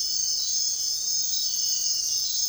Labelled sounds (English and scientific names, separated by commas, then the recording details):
none
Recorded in dense forest near Puerto Asís, Putumayo, Colombia, on 9 March 2025 at 04:30
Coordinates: 0.499, -76.324
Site GP03